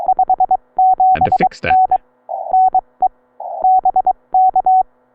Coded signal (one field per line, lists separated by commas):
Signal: Morse code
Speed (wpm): 22 wpm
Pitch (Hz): 750 Hz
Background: none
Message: 57N NE BK